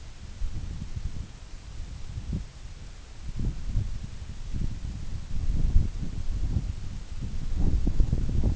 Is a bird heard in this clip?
no